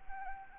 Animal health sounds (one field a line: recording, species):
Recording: mosquito wingbeat signal from an infrared sensor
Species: Anopheles arabiensis